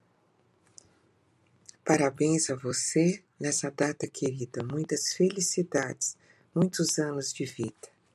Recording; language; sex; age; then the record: short text; Brazilian Portuguese; female; 60 to 69 years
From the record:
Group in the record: control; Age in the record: 66 years